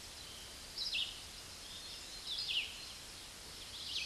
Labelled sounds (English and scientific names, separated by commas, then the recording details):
Red-eyed Vireo (Vireo olivaceus) song
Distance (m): 25 m
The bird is about 20 m above the microphone
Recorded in a Pennsylvania forest on 16 May 2024 at 06:10
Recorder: AudioMoth, point MSD-2201
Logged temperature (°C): 15.5 °C
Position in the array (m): 161 m, 68 m